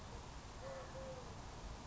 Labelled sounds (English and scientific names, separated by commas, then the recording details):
Eurasian Collared Dove (Streptopelia decaocto)
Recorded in Sonoma County, California